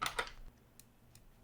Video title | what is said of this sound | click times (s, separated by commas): The Reolink Duo 3 Captures Everything | till it clicks into place screw that back in | 0.1 s, 0.2 s